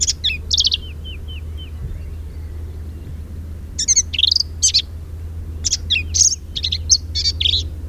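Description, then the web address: Black-capped vireo-type song: a few sharp notes and a short series of soft falling whistles, then after a pause several fast, chattering high phrases over low hum. Recorded at Quanah Parker Dam on 10 May 2007. "Black-capped Vireo Sounds Quanah Parker Dam 2007-0510"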